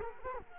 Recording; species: mosquito wingbeat signal from an infrared sensor; Culex quinquefasciatus